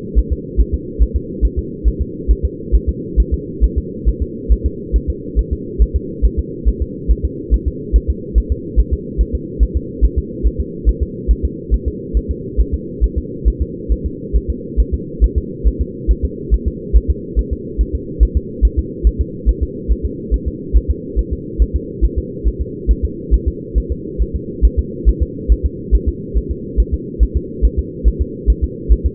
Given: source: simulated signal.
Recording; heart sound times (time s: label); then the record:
fetal heart sounds
0.19 s: S1
0.32 s: S2
0.60 s: S1
0.74 s: S2
1.02 s: S1
1.16 s: S2
1.45 s: S1
1.59 s: S2
1.88 s: S1
2.02 s: S2
2.31 s: S1
2.45 s: S2
2.75 s: S1
2.89 s: S2
3.20 s: S1
3.34 s: S2
3.64 s: S1
3.78 s: S2
4.09 s: S1
4.22 s: S2
4.52 s: S1
4.66 s: S2
4.96 s: S1
5.10 s: S2
5.39 s: S1
5.53 s: S2
5.82 s: S1
5.96 s: S2
6.25 s: S1
6.39 s: S2
6.69 s: S1
6.82 s: S2
7.11 s: S1
7.25 s: S2
7.54 s: S1
7.68 s: S2
7.96 s: S1
8.10 s: S2
8.38 s: S1
8.52 s: S2
8.79 s: S1
8.93 s: S2
9.21 s: S1
9.35 s: S2
9.63 s: S1
9.77 s: S2
10.04 s: S1
10.19 s: S2
10.47 s: S1
10.60 s: S2
10.89 s: S1
11.03 s: S2
11.31 s: S1
11.45 s: S2
11.74 s: S1
11.88 s: S2
12.17 s: S1
12.31 s: S2
12.60 s: S1
12.74 s: S2
13.04 s: S1
13.18 s: S2
13.48 s: S1
13.62 s: S2
13.92 s: S1
14.06 s: S2
14.36 s: S1
14.50 s: S2
14.80 s: S1
14.94 s: S2
15.24 s: S1
15.38 s: S2
15.67 s: S1
15.81 s: S2
16.11 s: S1
16.25 s: S2
16.54 s: S1
16.68 s: S2
16.97 s: S1
17.10 s: S2
17.39 s: S1
17.53 s: S2
17.81 s: S1
17.95 s: S2
18.23 s: S1
18.37 s: S2
18.65 s: S1
18.79 s: S2
19.07 s: S1
19.21 s: S2
19.49 s: S1
19.63 s: S2
19.91 s: S1
20.06 s: S2
20.34 s: S1
20.48 s: S2
20.77 s: S1
20.91 s: S2
21.19 s: S1
21.33 s: S2
21.62 s: S1
21.76 s: S2
22.05 s: S1
22.19 s: S2
22.47 s: S1
22.61 s: S2
22.91 s: S1
23.05 s: S2
23.34 s: S1
23.48 s: S2
23.78 s: S1
23.92 s: S2
24.22 s: S1
24.36 s: S2
24.65 s: S1
24.79 s: S2
25.09 s: S1
25.23 s: S2
25.52 s: S1
25.66 s: S2
25.95 s: S1
26.09 s: S2
26.37 s: S1
26.51 s: S2
26.80 s: S1
26.94 s: S2
27.23 s: S1
27.37 s: S2
27.65 s: S1
27.79 s: S2
28.08 s: S1
28.22 s: S2
28.50 s: S1
28.64 s: S2
28.92 s: S1
29.06 s: S2
From the record:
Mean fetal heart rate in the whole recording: 140 bpm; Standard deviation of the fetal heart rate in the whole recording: 2 bpm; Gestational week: 34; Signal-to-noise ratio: -4.1 dB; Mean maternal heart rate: no maternal heart sound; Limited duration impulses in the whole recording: absent